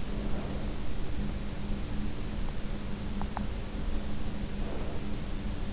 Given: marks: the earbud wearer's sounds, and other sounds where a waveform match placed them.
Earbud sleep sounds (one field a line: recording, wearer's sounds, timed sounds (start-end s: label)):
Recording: sounds in sleep by an in-ear microphone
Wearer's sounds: breath, teeth grinding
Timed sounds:
0.00-1.05 s: breath
2.94-3.75 s: teeth grinding
3.75-5.14 s: breath